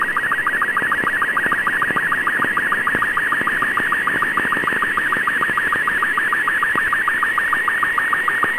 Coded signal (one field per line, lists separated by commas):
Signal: SSTV (slow-scan television)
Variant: Robot 36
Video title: Amaterur Radio Satellite CO-66 (SEED II) 2012-01-18 Radio Signal Recording